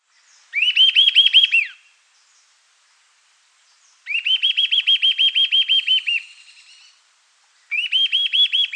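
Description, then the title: Eastern sirystes giving three bursts of fast, repeated whistled notes, each note arched in pitch, the middle series longest with a trailing fainter tail. "LuckyPassaro Completos2Sama. Eastern Sirystes (Sirystes sibilator)"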